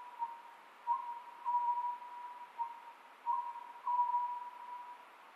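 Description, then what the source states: Oriental scops owl song, a series of mellow whistled notes at a steady pitch, grouped in short phrases with brief pauses. Recorded 27 May 2010 at 23:35.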